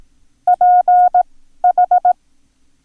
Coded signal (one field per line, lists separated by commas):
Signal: Morse code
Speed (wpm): 18 wpm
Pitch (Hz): 720 Hz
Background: none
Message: PH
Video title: Learn Morse Code - Lesson 7